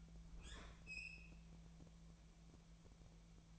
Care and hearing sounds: daily activity, microphone in the room; open fridge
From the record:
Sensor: 1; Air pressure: 1000.0 hPa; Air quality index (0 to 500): 135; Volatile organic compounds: 2 ppm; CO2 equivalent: 1274 ppm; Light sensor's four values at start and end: 36/91/38/47 and 36/90/38/46

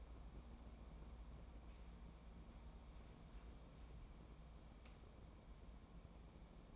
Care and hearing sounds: daily activity, microphone in the room; wipe stove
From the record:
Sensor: 1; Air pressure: 1012.4 hPa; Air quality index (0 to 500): 158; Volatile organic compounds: 2 ppm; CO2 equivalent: 1296 ppm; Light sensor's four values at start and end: 727/1608/738/851 and 723/1603/734/847

